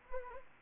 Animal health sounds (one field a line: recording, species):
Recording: mosquito wingbeat signal from an infrared sensor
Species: Anopheles arabiensis